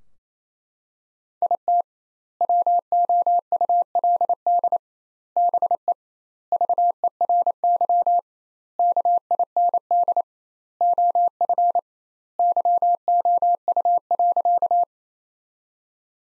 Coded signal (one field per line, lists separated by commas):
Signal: Morse code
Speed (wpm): 28 wpm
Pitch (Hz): 700 Hz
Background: none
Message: IT WOULD BE VERY KIND OF YOU.